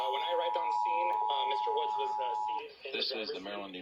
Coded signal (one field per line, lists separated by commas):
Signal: Emergency Alert System (SAME) tones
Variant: 853 and 960 Hz attention tone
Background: speech